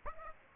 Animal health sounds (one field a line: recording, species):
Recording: mosquito wingbeat signal from an infrared sensor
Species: Aedes aegypti